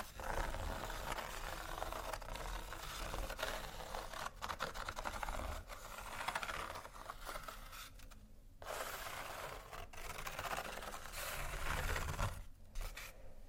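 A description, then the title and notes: Close ASMR textures: a dense, steady run of fine scratching and rustling, full of quick ticking clicks like a small ratchet or gears. The sound keeps going with brief dips near 8, 10 and 12.5 seconds, plus a low rumble underneath. ASMR Relaxing Textures（No Talking）.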